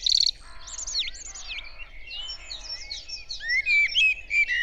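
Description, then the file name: Common blackbird song: high squeaky twitters, then warbled fluted notes near the end, over a low rumbling background. "Turdus merula"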